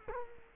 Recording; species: mosquito wingbeat signal from an infrared sensor; Culex quinquefasciatus